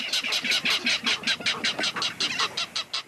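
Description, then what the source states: Ridgway's rail giving a harsh, clattering series of many evenly spaced kek notes, steady throughout. Endangered salt marsh bird.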